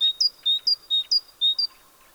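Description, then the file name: Great tit giving four crisp paired whistles, lower then higher, in a steady brisk rhythm before stopping. "Parus major"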